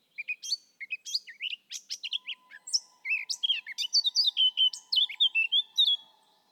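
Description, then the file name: Eurasian blackcap song: quick twittering notes building into a bright fluty warble of sliding whistles, with a faint steady tone running underneath the later part. "Sylvia atricapilla"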